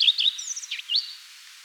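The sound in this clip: Common redstart song fragment, quick high twittering notes and squeaky slurred chirps in a short burst.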